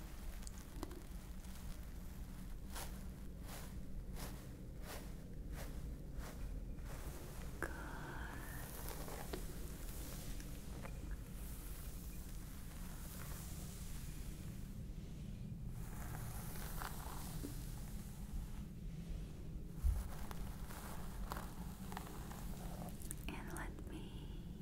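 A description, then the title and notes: Scalp massage with a steady low rumble underneath, bursts of bright scratchy rubbing early on and around 15–18 seconds, and a sharp tap near 20 seconds. Stress Relieving Scalp Massage ASMR.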